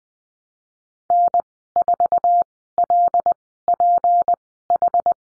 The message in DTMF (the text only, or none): none